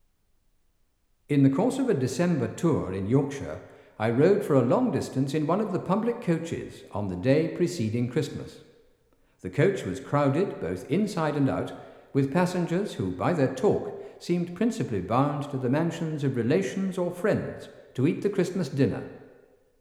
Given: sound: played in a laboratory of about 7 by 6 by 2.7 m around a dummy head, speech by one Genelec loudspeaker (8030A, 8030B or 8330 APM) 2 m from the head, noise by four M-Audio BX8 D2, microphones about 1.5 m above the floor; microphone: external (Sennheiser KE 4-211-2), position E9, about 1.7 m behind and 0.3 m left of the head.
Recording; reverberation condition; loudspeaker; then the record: male speech in English; high; behind (180 degrees)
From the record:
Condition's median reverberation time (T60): about 1300 ms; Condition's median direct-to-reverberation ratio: about -4.0 dB